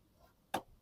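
During a clutch replacement on a 2015 Smart Fortwo, the second gear-selector cable end, a plastic socket that had been giving trouble, is pushed onto the gearbox selector lever ball joint. It goes on with one sharp, loud click at 0.5 s, followed by a much fainter tick near 0.9 s, and the cable end is seated.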